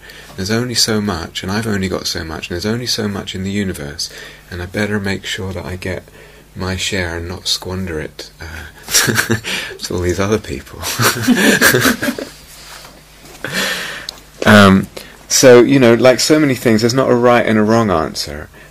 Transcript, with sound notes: There's only so much, and I've only got so much, and there's only so much in the universe, and I better make sure that I get my share and not squander it to all these other people." [laughter] Like so many things, there's not a right and a wrong answer.